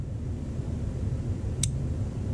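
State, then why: Seated. A replacement rear takedown pin is rotated to the rear position in a rifle receiver, and its detent snaps into place with a sharp, bright click at 1.6 s that locks the pin in. The rest of the clip is a steady low rumble of background noise.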